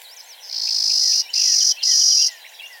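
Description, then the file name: Clay-colored sparrow giving a buzzy song of three steady, insect-like drones separated by brief gaps, over quiet background chips. "Spizella pallida - Clay-colored Sparrow"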